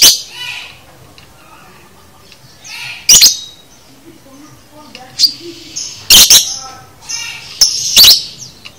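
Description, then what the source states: Lovebird calling in bursts of sharp shrill chirps and grating trills, busier toward the end, with quieter rasps between. Training recording (masteran) of a lovebird in the konslet chatter style, used to teach birds to chatter.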